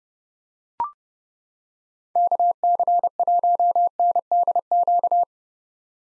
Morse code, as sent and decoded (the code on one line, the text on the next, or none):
-.- -.-. .---- -. -.. --.-
KC1NDQ